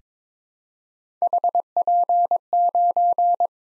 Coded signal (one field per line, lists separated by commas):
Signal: Morse code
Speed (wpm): 22 wpm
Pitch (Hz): 700 Hz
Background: none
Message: HP9